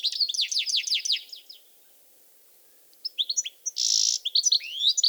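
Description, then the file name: European goldfinch twittering song, a fast run of tinkling, liquid notes and buzzy trills, a silent gap, then more bright chattering phrases with a harsh buzzy note. "Carduelis carduelis"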